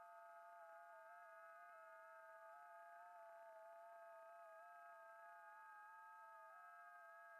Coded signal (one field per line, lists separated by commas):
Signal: FT8